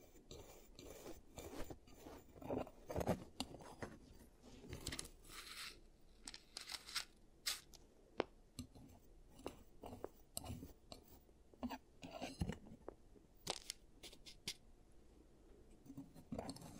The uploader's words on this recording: Giant Teeth Treatment, Fixing Your Cavities. (No Talking).